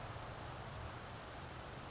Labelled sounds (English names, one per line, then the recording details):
California Towhee
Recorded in Sonoma County, California